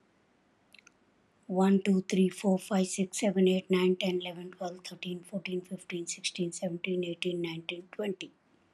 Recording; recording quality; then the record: counting at a fast pace; excellent, no background noise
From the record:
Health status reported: healthy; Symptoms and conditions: none ticked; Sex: female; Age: 70 years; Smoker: not ticked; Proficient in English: yes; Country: India